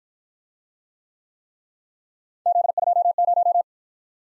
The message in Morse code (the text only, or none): Z20